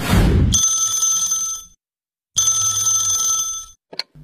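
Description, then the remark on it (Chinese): In the morning, a telephone rings twice in a home in the Aijia residential compound, each long, bright, high-pitched trill lasting over a second with a short pause between, opening on a burst of rustling noise and ending with a brief click. “说到这个有访客到来呀，这不这天早上，住在爱家小区的老何就接到了一个让他特别开心的电话。”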